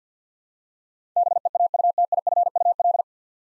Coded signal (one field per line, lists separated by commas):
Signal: Morse code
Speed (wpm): 50 wpm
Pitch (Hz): 700 Hz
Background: none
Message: BEAUTIFUL